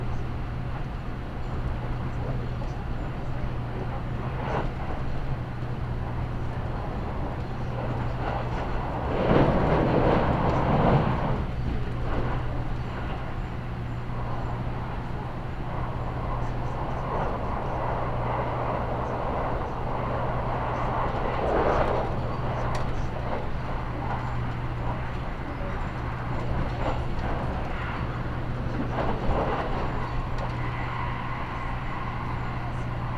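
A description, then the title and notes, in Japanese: Aboard the limited express Midori 16 on the Nagasaki Main Line from Saga to Tosu, a steady low drone and rumble fill the whole recording. A louder rushing swell comes around ten seconds, with shorter surges near 21 and 29 seconds, and faint murmuring voices underneath. 長崎本線 佐賀→鳥栖 特急みどり16号。車内は6割くらいの乗車率でした。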